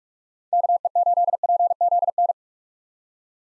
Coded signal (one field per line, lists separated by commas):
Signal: Morse code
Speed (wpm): 46 wpm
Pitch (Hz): 700 Hz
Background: none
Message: KE8PZN